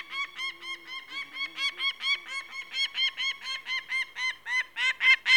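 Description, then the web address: Peregrine falcon calls in a rapid chain of rasping kek notes, about four a second, with a faint low hum early on. "The BBC Sound Effects Library. Peregrine Falcon"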